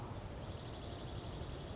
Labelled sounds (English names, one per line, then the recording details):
Dark-eyed Junco
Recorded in Sonoma County, California